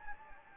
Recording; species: mosquito wingbeat signal from an infrared sensor; Anopheles gambiae